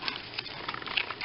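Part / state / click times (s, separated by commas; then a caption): plastic joint in a transforming robot toy / not seated / none. Hands move the plastic joint of a transforming robot toy toward robot mode, producing a scatter of light, sharp plastic ticks and taps over 1.2 seconds. Nothing has seated or clicked into place yet.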